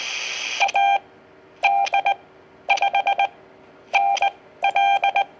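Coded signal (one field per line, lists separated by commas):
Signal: Morse code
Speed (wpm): 19 wpm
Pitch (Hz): 790 Hz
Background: none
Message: AD5NL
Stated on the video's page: CW from a Quansheng UV-K5 with IJV custom firmware used as a QRP transceiver via two VFOs about 1 kHz apart; rough proof-of-concept test.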